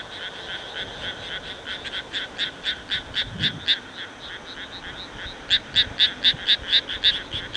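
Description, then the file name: Frog calling: a steady train of short, rasping pulsed notes, about four per second, growing louder toward the end, with steady background hiss. "kaeru"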